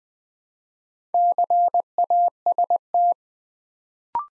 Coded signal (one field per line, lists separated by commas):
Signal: Morse code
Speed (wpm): 20 wpm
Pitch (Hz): 700 Hz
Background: none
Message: CAST